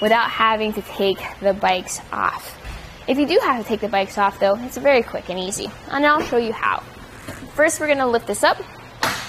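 Someone talks as a Kuat Piston Pro X hitch bike rack for two bikes, mounted on a 2022 Honda Odyssey, is lifted up. Its tilt latch snaps into the ride position with a single sharp click at 9.0 s.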